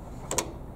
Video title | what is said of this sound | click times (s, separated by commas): BERNINA Machine Training Part 2: Basic Features, Screen Navigation, and Feet - Quilt Beginnings | table is very easy to put on it just slides straight across and snaps | 0.3 s, 0.4 s